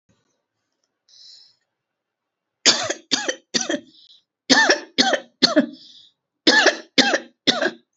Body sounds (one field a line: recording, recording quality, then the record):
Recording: shallow voluntary cough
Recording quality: excellent, no background noise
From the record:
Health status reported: recovered from COVID-19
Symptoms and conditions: breathing difficulty, fever, fatigue, muscle pain, asthma, pneumonia, hypertension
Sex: female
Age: 49 years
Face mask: not worn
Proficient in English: yes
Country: India